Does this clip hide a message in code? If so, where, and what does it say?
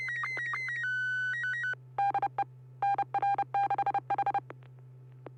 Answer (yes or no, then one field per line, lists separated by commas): yes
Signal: Morse code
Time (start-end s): 2.0-4.4 s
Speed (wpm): 30 wpm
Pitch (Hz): 800 Hz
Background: none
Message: DE NR6H